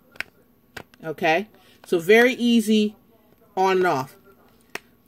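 A plastic bottom cap, part of a click-lock system, is fitted onto a Sigma Beauty Dry n Shape Spa brush-drying cylinder and seats with a loud snap at 0.2 s. Another sharp tick follows at 0.8 s, someone talks, and a final crisp tick comes at 4.8 s.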